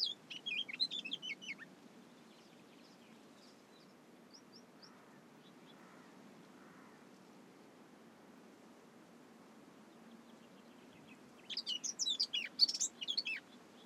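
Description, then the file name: Eurasian blackcap song: a brief run of high scratchy notes at the start, faint soft notes in the middle, then a loud, rapid warbling phrase near the end. "Sylvia atricapilla"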